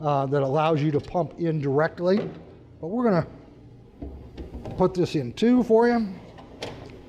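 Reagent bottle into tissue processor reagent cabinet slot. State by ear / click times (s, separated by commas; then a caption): seated / 6.6 s. Someone talks while a plastic reagent bottle is pushed into position two of the reagent cabinet of a Leica ASP 300 tissue processor. A few soft knocks come as the bottle slides in, then a sharp click at 6.6 s shows it has seated properly in its slot.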